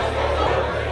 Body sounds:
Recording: background sound without coughing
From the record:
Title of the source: CITY SOUNDS Busy Bar in the Evening Night - 2 HOURS of Ambiance for Relaxation

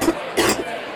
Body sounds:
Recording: coughing mixed with background sound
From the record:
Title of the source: 61 morning phlegmy cough...again

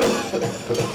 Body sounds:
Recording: coughing mixed with background sound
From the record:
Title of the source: Cough Around the Clock!

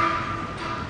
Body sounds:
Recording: background sound without coughing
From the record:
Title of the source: 30 MINUTES Construction Site Ambience (CC BY 4.0)

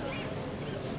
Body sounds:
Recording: coughing mixed with background sound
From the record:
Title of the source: Dry Afternoon Cough

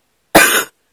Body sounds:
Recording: coughing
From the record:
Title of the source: 30 Chesty and wet cough

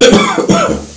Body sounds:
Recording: coughing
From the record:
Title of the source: Spring Cold Coughing.

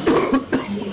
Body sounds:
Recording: coughing mixed with background sound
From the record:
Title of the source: Coughing 77

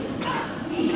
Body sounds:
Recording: coughing mixed with background sound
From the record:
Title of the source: Coughing 60

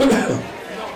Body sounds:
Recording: coughing mixed with background sound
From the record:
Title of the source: Residual Phlegmy Morning Coughing and Gagging

